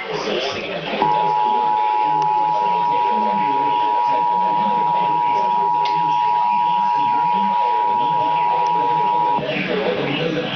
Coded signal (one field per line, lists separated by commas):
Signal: Emergency Alert System (SAME) tones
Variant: 853 and 960 Hz attention tone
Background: speech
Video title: EAS Alert #64 - Severe Thunderstorm Warning #8 6/12/13